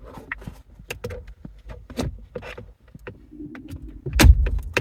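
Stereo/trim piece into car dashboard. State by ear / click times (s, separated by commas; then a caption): seated / 4.2 s, 4.8 s. A stereo/trim piece is lined up between existing parts in a car dashboard during reinstall and pushed in, with light rattling and plastic handling sounds. It ends with loud, sharp snaps at 4.2 s and 4.8 s as the dashboard part seats into place.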